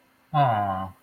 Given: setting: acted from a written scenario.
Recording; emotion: vocal sound without words; adoration